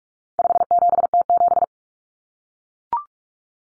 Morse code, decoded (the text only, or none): 57T7